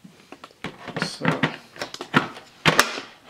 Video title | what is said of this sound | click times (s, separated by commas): Hoover Rewind vacuum - unboxing - review | then you kind of hear the click right and you're | 2.8 s